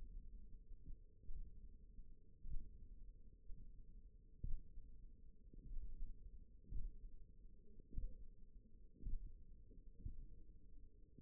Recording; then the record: forearm muscle sounds (acoustic myography)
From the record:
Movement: tripod grip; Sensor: system 1, eight BSWA MPA416 microphones around the upper forearm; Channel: 1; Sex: female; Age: 20 years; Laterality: right